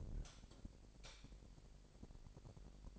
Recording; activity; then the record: daily activity, microphone in the room; light off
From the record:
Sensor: 5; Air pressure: 1012.0 hPa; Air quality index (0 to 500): 246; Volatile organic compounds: 4 ppm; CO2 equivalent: 1694 ppm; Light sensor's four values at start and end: 41/99/41/44 and 40/93/39/41